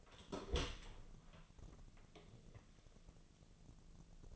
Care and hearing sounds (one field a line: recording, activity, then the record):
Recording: daily activity, microphone in the room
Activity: open door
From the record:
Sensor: 4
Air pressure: 1001.3 hPa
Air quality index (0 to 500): 184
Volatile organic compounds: 3 ppm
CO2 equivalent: 1318 ppm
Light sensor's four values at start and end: 16/37/15/16 and 14/33/13/14